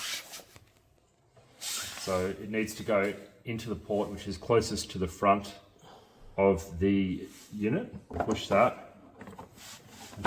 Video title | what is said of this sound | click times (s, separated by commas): Amptron PowerUp3600 Portable Power Station 3kWh Setup Guide | Push that until you hear a click. | 10.2 s